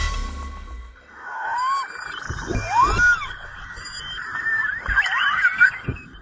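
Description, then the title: Beluga whale calls: squeaky, swooping whistles that rise and fall in quick succession, with a few short clicks. Belugas communicating. "Comunicacion_Belugas"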